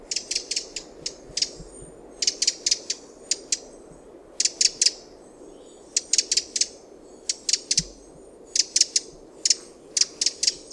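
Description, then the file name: Eurasian wren delivering hard, dry ticking calls in rapid clusters of three to five, almost continuous, above a steady low hiss. "Troglodytes troglodytes"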